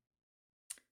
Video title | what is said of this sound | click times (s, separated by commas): Rory's TROS Graflex Lightsaber with Goth Chassis and Proffie | and this just kind of snaps back in place and it will stay there once it's in um | 0.7 s